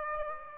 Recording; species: mosquito wingbeat signal from an infrared sensor; Aedes aegypti